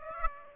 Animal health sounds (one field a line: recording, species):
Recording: mosquito wingbeat signal from an infrared sensor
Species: Aedes aegypti